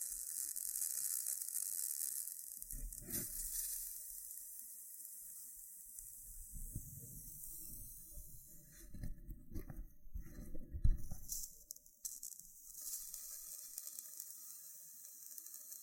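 Loofah scratching and peeling over a steady high hiss, with thumping rubs around three seconds and seven to eleven seconds, plus sharp pops.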